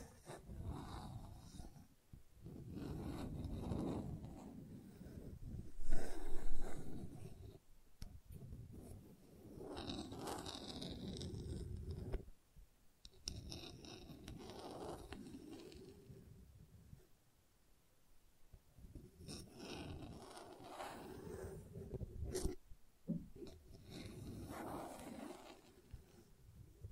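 Gentle scratching in soft, irregular bursts, each lasting a few seconds with short quiet gaps between them. The strokes sound rough and hushed, mostly low with a faint brighter hiss, and a louder scrape stands out around six seconds.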